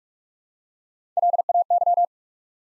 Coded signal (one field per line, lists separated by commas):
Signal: Morse code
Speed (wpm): 44 wpm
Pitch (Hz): 700 Hz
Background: none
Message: LAY